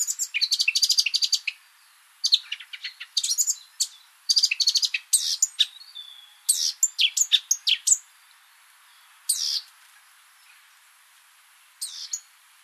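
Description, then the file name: Eurasian Blackcap song: rapid bursts of high, chattering and warbled notes in short phrases, with pauses between them and a few isolated notes near the end. "Sylvia atricapilla"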